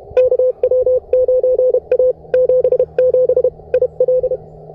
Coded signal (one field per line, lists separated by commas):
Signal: Morse code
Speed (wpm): 31 wpm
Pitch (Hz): 510 Hz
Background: none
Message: KW9A 77 IL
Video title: POTA CW Transceiver Comparison CFT1 QMX and KH1 Parks on the Air Test Morse Code Ham Radio Receiver